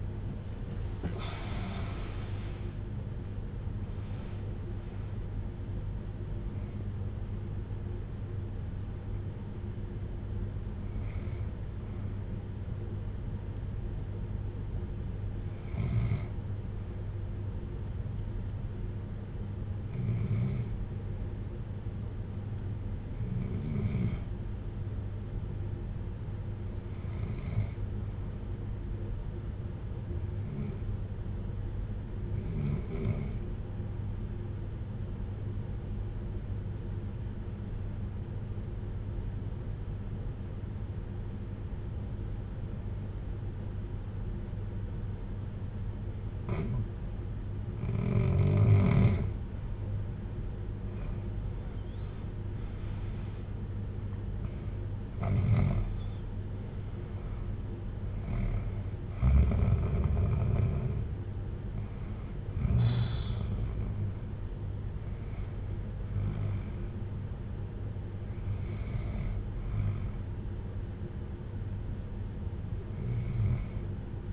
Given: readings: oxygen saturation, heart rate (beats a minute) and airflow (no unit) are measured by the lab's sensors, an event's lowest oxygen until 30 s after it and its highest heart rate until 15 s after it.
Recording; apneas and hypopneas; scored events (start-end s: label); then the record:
breathing in sleep by a smartphone at the bedside; 1
18.00-53.10 s: hypopnea (REM, oxygen 97% highest, then 85% lowest, heart rate 51 at the start, 71 highest)
From the record:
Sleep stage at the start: REM sleep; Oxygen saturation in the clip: 84 to 97%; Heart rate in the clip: 47 to 90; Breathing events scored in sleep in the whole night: 310 in 8.1 hours asleep